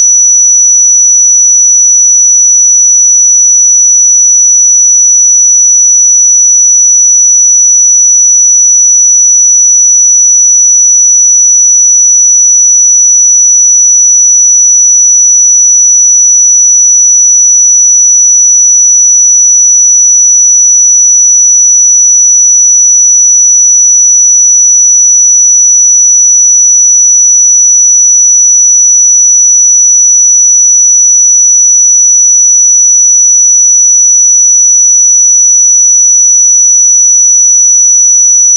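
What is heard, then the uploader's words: A pure 5910 Hz sine tone holds perfectly steady and unbroken for the whole clip, thin, bright and piercing, with nothing else beneath it. 5910 Hz 1 Hz Interval Sine Pure Tone Frequency 441000 Sample Mono.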